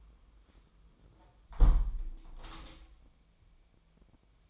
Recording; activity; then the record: daily activity, microphone in the room; close window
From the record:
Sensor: 1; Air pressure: 1006.6 hPa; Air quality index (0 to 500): 210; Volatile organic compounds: 25 ppm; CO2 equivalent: 2826 ppm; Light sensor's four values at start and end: 12/32/12/14 and 12/31/12/14